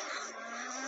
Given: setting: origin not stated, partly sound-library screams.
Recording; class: one-second piece from a danger detection set; woman in danger